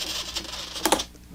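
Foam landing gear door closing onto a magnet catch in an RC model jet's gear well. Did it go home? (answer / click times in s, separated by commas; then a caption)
yes / 0.9 s. The foam main landing gear doors of an AEROFOAM L-39 RC model jet close under servo power onto added magnet catches in the gear well. Two sharp clicks at 0.9 s and 0.9 s (0.85 and 0.92) are heard as the magnets snap the doors shut over a low background hum. The doors lock up seated. Correction for precision: the clicks fall at 0.9 s and 0.9 s when rounded to one decimal, landing at roughly 0.85 s and 0.92 s.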